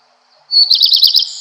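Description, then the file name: Common Redstart song, one brief high twittering phrase of quick trilled notes that starts abruptly and ends in a thin sustained whistle. "Golosa ptic - Gorihvostka lysushka"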